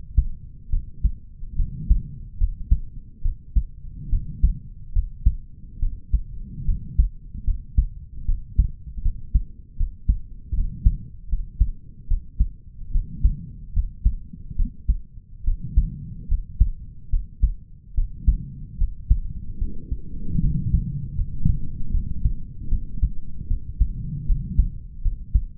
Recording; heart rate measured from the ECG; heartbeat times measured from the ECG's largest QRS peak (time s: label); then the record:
heart sounds by stethoscope; 74 bpm
0.70 s: heartbeat
1.56 s: heartbeat
2.37 s: heartbeat
3.22 s: heartbeat
4.09 s: heartbeat
4.92 s: heartbeat
5.79 s: heartbeat
6.65 s: heartbeat
7.44 s: heartbeat
8.25 s: heartbeat
9.02 s: heartbeat
9.76 s: heartbeat
10.54 s: heartbeat
11.28 s: heartbeat
12.07 s: heartbeat
12.91 s: heartbeat
13.73 s: heartbeat
14.56 s: heartbeat
15.44 s: heartbeat
16.27 s: heartbeat
17.09 s: heartbeat
17.94 s: heartbeat
18.77 s: heartbeat
19.58 s: heartbeat
20.40 s: heartbeat
21.15 s: heartbeat
21.91 s: heartbeat
22.69 s: heartbeat
23.47 s: heartbeat
24.26 s: heartbeat
25.02 s: heartbeat
From the record:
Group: healthy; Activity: rest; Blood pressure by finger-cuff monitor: 90/67 mmHg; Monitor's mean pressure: 73 mmHg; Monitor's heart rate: 73 bpm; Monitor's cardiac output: 5 L/min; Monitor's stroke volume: 70 mL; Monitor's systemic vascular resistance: 1040 dyn s/cm5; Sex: male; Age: 20 years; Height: 187 cm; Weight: 68.9 kg